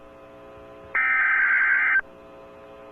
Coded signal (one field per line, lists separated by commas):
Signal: Emergency Alert System (SAME) tones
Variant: header bursts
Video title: DOUBLE HEADER - EAS Alert #192 & 193: PDS Tornado Warning/Tornado Warning (Apr 19, 2023)